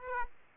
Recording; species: mosquito wingbeat signal from an infrared sensor; Aedes aegypti